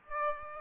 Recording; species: mosquito wingbeat signal from an infrared sensor; Aedes aegypti